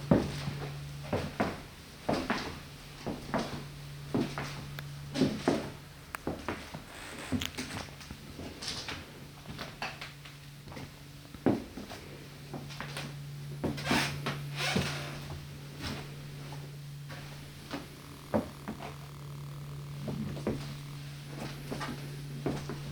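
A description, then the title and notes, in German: Creaking wooden floorboards: irregular creaks and dull knocks arrive every second or so, some sharp and bright, a few longer groans. A steady low hum runs underneath almost the whole time, briefly dropping out near the middle. Immersive Binaural 3D Audio: Sounds of Strömma Farmlodge. Knarzenden Holzböden.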